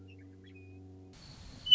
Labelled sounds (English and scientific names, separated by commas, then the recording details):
Western Meadowlark (Sturnella neglecta)
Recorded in Sonoma County, California